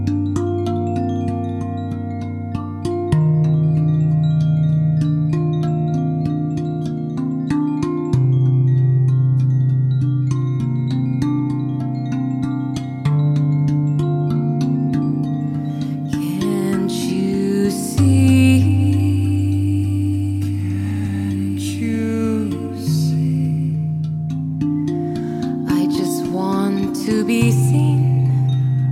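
A sound bath of sustained low tones, with deep humming notes that hold and shift to new pitches every few seconds. Bright shimmering chime-like rings scatter over the top throughout, growing busier and more glittering after about sixteen seconds.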